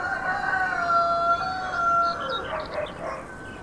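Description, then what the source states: Rooster crowing: a long, drawn-out harmonic crow, followed by scattered high chirps. Roosters in the background.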